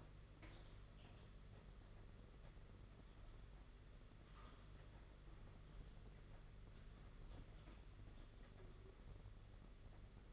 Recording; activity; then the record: daily activity, microphone in the room; typing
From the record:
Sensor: 4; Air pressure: 992.6 hPa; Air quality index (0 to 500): 137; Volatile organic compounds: 62 ppm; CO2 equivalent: 3435 ppm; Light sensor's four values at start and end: 19/66/24/25 and 19/66/24/25